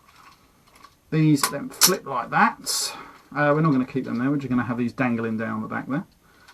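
Back-end panels of a small plastic transforming toy car are handled and flipped into position while it is turned into a robot, with a faint short handling tap near 0.9 s before someone talks through the rest of the clip. Nothing has seated or clicked into place yet.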